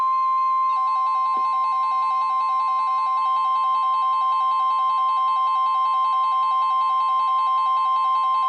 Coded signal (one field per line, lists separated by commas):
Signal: Emergency Alert System (SAME) tones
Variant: 1050 Hz attention tone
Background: music